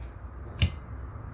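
A passenger-side wiper blade on a 2014 Toyota Tacoma is pushed onto the wiper arm hook, after first being tried the wrong way. A single sharp click sounds at 0.6 s over a low background hum as the blade clips in and is secure.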